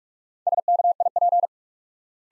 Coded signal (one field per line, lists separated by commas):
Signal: Morse code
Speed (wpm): 44 wpm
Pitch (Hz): 700 Hz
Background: none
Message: SKIP